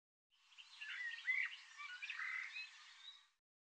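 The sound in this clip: Bird song, soft and quiet, a continuous three-second jumble of chattering and whistled notes.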